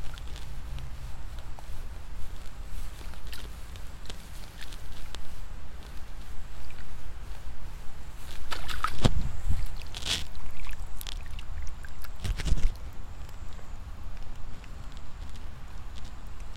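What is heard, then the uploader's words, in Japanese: Rice seedlings being pulled in the evening: a steady low rumble and faint hiss run throughout. Scattered soft ticks and rustles appear, with sharper knocks and splashy handling sounds around nine, ten and twelve and a half seconds. イネ苗取り ブユのいない気持ち良い夕方。いよいよ今年の手植え田んぼも大詰め。夕方、イネの苗取り。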